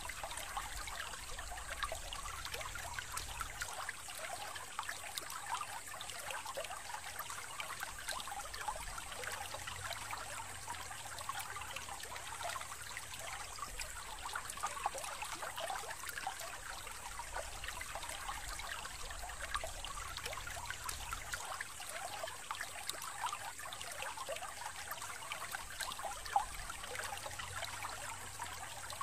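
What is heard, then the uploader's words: A steady deep-sea current washes past, a dense, even rush of fine bubbling and trickling that never pauses. A faint high hiss rides above it throughout, and a soft low rumble swells and fades every few seconds beneath. The current in the deep sea is simply too comfortable, close to nature.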